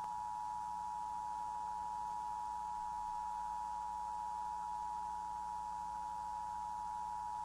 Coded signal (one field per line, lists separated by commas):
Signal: Emergency Alert System (SAME) tones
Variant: 853 and 960 Hz attention tone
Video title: Emergency Broadcast System Test,1993 *Reuploaded*